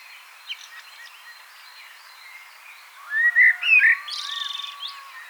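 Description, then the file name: Common blackbird fluty warbled phrase of two or three mellow notes, followed by a scratchy high twitter. "Turdus merula"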